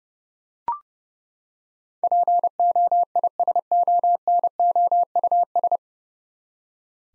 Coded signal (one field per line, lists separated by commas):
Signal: Morse code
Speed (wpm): 30 wpm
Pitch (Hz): 700 Hz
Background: none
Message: POISONOUS